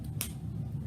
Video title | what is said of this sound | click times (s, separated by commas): Rattle Drums | listen for the snap there | 0.2 s